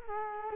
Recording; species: mosquito wingbeat signal from an infrared sensor; Culex quinquefasciatus